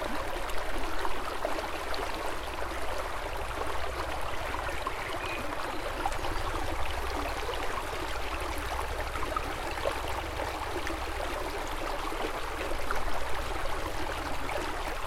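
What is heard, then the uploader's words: A small river rushes steadily past, its dense gurgling and splashing filling the whole fifteen seconds. The flow stays even, with a low rumble underneath and a brief swell of louder splashing near the thirteen-second mark. A relaxing sound of a small river in Austria. Sound of a river.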